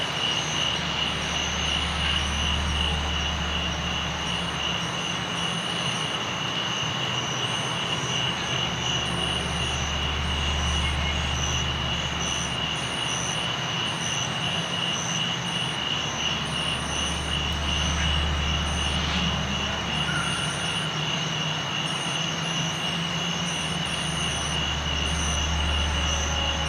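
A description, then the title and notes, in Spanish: Crickets (grillos) trill steadily in an unbroken high chorus with rhythmic higher chirps, over a low rumble that swells and fades every few seconds. Grillos.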